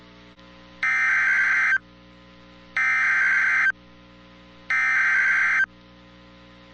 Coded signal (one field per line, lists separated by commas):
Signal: Emergency Alert System (SAME) tones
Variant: header bursts